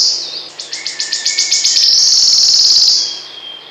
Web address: Kurs PTTK Przyroda Ptaki Świstunka leśna